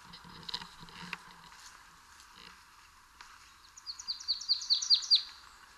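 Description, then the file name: Marsh tit giving a fast run of high, sharp chattering notes in the last two seconds, after some faint rustling and a few scattered soft sounds. "Poecile palustris"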